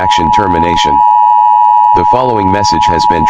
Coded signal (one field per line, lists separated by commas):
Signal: Emergency Alert System (SAME) tones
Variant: 853 and 960 Hz attention tone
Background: speech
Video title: a teaser for an upcoming plush video of mine. #scary #creepy #eas #teaser #emergencyalertsystem